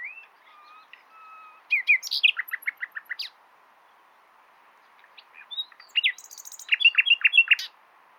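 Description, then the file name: Common nightingale song: soft whistles leading into a fast stuttering series of loud notes, a pause of two seconds, then another rapid rattling phrase. "Luscinia megarhynchos"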